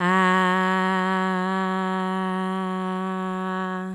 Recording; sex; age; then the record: sustained vowel /a/; female; 20 to 29 years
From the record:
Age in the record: 25 years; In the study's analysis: included